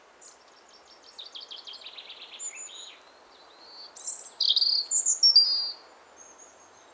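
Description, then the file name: European robin song: a soft run of descending ticking notes and a thin whistle, followed by a brighter cluster of high, warbled phrases. "Erithacus rubecula"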